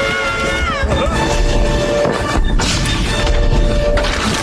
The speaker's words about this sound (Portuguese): Blocos de gelo desmoronam na barragem.